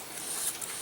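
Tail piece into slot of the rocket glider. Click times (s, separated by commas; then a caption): 0.6 s. The tail piece of a Fliplock Lite 13mm model rocket glider is lined up with the slots at the front and slid in, making a soft rubbing, hissing slide. A short sharp click at 0.6 s marks the tail piece locking into its slot, seated in place.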